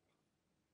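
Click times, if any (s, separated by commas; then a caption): none. A plastic recess bracket is handled as it is being pushed onto a lifejacket light unit, producing only a faint, steady low-level rustle with no distinct transients. Nothing has seated or clicked yet.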